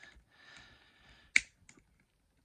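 A plastic fist is pulled out of the forearm on the second arm of a transforming robot toy, with soft plastic handling noise beforehand. It clicks into its extended position with a sharp snap at 1.4 s, followed by a fainter tick at about 1.7 s, and the fist is seated.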